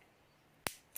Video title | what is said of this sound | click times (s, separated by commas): New locks and whips (335) | you can kind of hear it click in but i saw it and i thought geez | 0.7 s